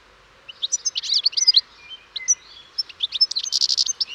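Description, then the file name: European goldfinch calling: a continuous, rapid, tinkling twitter of high notes, with a short lull midway before a busier final burst. "Carduelis carduelis"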